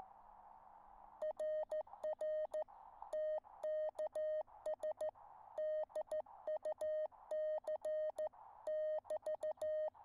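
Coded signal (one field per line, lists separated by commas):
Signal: Morse code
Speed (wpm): 14 wpm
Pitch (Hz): 620 Hz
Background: none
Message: RR TKS DUC <BT>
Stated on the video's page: QRP contacts on 30m at 2 W from an ME-30 (SW+30) rig with a 17 ft QRP Guys Tri-Band vertical, operated outdoors.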